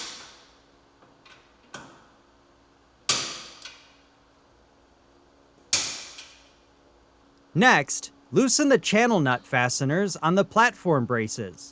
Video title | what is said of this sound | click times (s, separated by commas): 2016+ Polaris GENERAL - Rhino Rack Installation | Continue by torqueing the backbone fasteners with the included torque tool until it clicks. | 3.1 s, 5.7 s